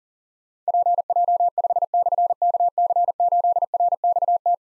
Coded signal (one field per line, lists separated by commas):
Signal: Morse code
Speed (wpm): 43 wpm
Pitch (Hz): 700 Hz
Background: none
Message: PJ5/KC8RXT